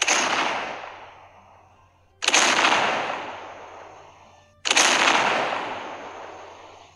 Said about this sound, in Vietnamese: Khai pháo. 8 cái nòng của thần cơ đại pháo đồng thời bắn ra những luồng đạn nóng bỏng.